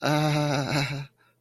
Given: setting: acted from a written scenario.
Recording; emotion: vocal sound without words; embarrassment